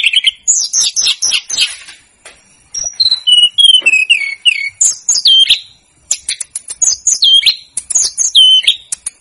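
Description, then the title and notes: Snowy-browed flycatcher song: very high, fast jumbled twittering with slurred whistles and dry clicks, broken by brief pauses, then resuming in busy bursts. Masteran (training recording) of the bird known locally as tledekan gunung or sikatan gunung, used to teach songs to cage birds. "Masteran Tledekan Gunung Sikatan Gunung 1. BURUNG TLEDEKAN"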